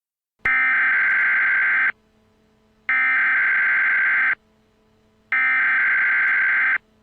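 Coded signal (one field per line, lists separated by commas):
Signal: Emergency Alert System (SAME) tones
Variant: header bursts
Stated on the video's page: Mock EAS scenario, not a real alert.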